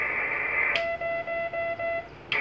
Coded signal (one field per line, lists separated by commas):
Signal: none